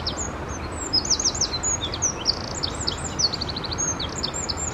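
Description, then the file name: Eurasian wren song: rapid high-pitched notes and short trills tumbling throughout over a steady hiss of background noise. "Troglodytes troglodytes"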